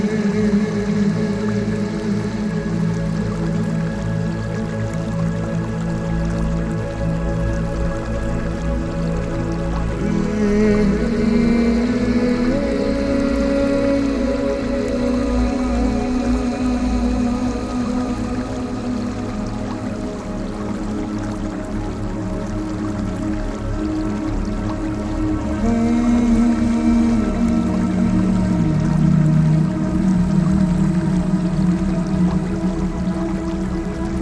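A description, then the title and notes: Soft, sustained relaxation music plays throughout, built from low, layered held tones that change pitch slowly, with gentle melodic shifts around ten seconds and again near twenty-six. A faint, steady trickle of water runs underneath, and the overall level stays even. Bamboo Water Fountain and Soothing relaxation Music.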